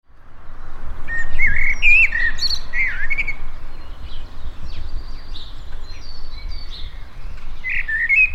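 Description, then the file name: Common blackbird song, mellow warbled notes with scratchy high flourishes, over a persistent low rumble. "Turdus merula"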